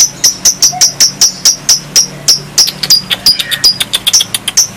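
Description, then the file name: Lovebird uttering sharp, high chips repeated steadily several times a second, becoming quicker and more uneven toward the end. Lovebird that was a national contest champion, named Si Gempol. "Suara Lovebird Juara Lomba Nasional Si Gempol Juara"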